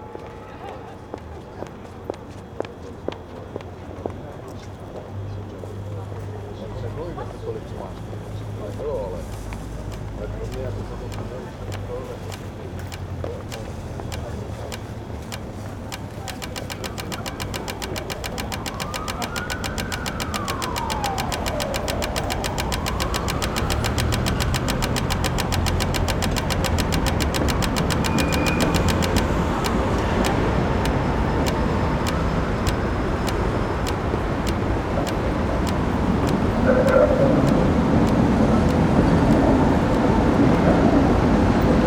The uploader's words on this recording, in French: Impression sonore de la ville de Prague - République Tchèque réalisée à partir d'enregistrements de Nicolas Dubois.